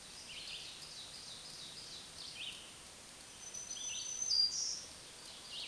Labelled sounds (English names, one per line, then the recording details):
Black-throated Green Warbler song
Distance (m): 20 m
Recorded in a Pennsylvania forest on 1 June 2023 at 07:52
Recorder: AudioMoth, point grid3_11_high
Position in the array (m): 220 m, 107 m